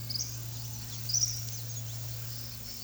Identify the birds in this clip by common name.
White-lored Euphonia